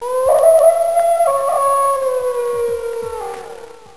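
Wolf howling: one long, steady, smooth tone that stays level, then slides slowly downward and fades over about four seconds, with faint low ticking beneath.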